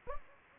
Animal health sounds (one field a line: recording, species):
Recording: mosquito wingbeat signal from an infrared sensor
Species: Anopheles gambiae